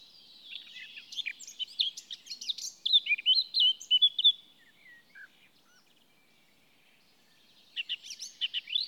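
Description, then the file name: Eurasian blackcap warbling song: a scratchy run building to louder looping notes, then a quiet gap before another brief burst. "Sylvia atricapilla"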